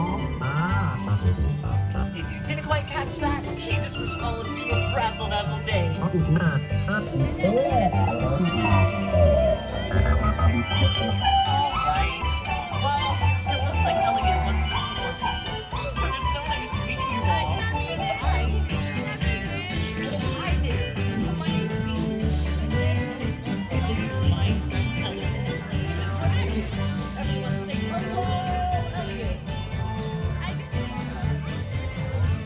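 The Main Street Electrical Parade plays on in one dense, unbroken stretch of music, loud and steady throughout, with a thumping low beat and bright tinkling tones on top. Faint voices mix into the crowd noise underneath.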